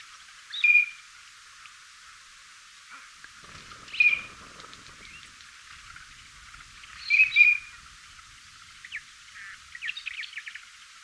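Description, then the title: Yellow-billed teal giving short piping whistles about every three seconds, with faint chattering notes between. Recorded in Chile; Spanish name jergón chico. "Jergon Chico Anas Flavirostris Peter Boesman. Yellow-billed Teal (Anas flavirostris)"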